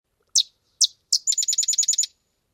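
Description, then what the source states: Sedge Wren song: three separate high, dry notes, then a fast, even, buzzy chatter of several notes lasting under a second. Tiny songbird of pastures, meadows and fields that are sometimes flooded; sings twangy tunes; recorded 2005.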